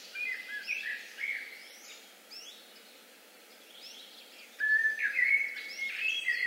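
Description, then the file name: Eurasian blackbird song: a fluty warbled phrase with a squeaky high flourish, a quiet pause, then another rich phrase beginning. "Turdus merula"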